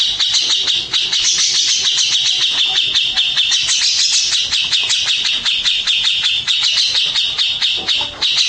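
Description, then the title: Mixed birds chirping: an unbroken, dense stream of fast, shrill high notes layered over one another at steady loudness. "Burung Campur2"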